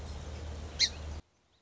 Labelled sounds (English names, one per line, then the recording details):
Song Sparrow
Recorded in Sonoma County, California